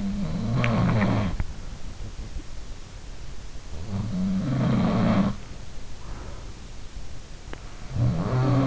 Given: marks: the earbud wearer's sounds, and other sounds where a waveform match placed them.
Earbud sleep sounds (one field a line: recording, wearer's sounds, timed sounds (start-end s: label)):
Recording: sounds in sleep by an in-ear microphone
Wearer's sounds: teeth grinding, breath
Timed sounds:
0.00-2.10 s: sound from someone else or the room
0.46-1.58 s: teeth grinding
3.56-5.73 s: sound from someone else or the room
5.95-6.93 s: breath
7.46-8.67 s: sound from someone else or the room